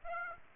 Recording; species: mosquito wingbeat signal from an infrared sensor; Aedes aegypti